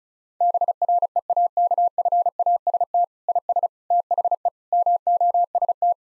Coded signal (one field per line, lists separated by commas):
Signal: Morse code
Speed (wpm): 36 wpm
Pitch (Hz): 700 Hz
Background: none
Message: BREAKFAST IS THE MOST